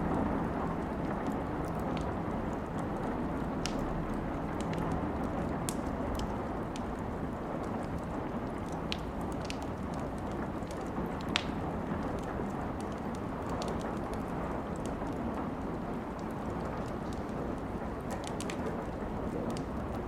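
A campfire crackles over a steady wind. The wind makes a constant, dense rush that stays low and even the whole time, while sharp little pops and snaps break through irregularly every second or so, with a few brighter cracks around the eleventh second.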